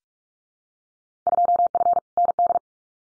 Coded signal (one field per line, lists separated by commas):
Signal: Morse code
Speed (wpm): 46 wpm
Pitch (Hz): 700 Hz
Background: none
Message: 2F ND